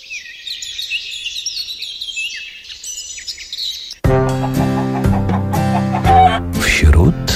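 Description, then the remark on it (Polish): Birds chirp and sing in quick, high-pitched, twittering phrases for about four seconds, then the birdsong cuts off abruptly as a much louder, dense, harmonic, music-like sound takes over. “No piękne ptaszki.”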